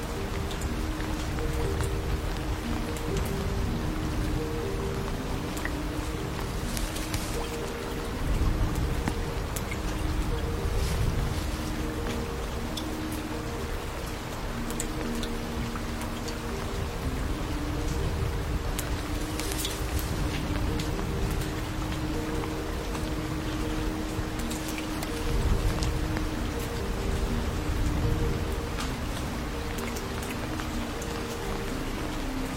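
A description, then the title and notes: Bamboo rustles in steady rain, a dense continuous patter with soft low rumbling swells around 8, 19 and 26 seconds. Scattered sharper drips and clicks punctuate the wash, while faint steady tones hum low beneath it throughout. Sitting lazily in the bamboo forest hut in the secret place, lying on the window sill, looking at the bright moon, the sound of bamboo rustling in the rain.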